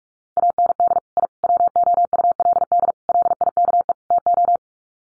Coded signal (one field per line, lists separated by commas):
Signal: Morse code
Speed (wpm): 44 wpm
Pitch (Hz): 700 Hz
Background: none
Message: AND I WOULD LIKE TO